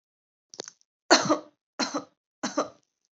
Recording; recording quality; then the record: shallow voluntary cough; excellent, no background noise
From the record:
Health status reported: exposed to COVID-19, no respiratory illness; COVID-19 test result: negative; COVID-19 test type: RT-PCR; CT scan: not taken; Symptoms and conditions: cough, cold, fatigue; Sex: female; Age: 23 years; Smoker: no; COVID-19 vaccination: both doses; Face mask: not worn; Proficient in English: yes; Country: India